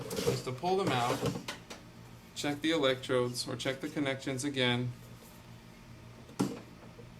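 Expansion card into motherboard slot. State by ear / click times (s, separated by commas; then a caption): seated / 6.4 s. An expansion card that came loose in shipping is pushed back into its motherboard slot and seats. Someone talks for most of the clip, then a single sharp snap is heard at 6.4 s as the card goes in.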